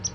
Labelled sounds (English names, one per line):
Palm Warbler flight call